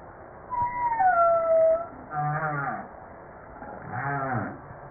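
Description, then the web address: Humpback whale sounds: a high, falling tonal whoop followed by two pulsed, warbling lower units with stacked harmonics. Recorded 5 March 1994. "humpback-01 940305"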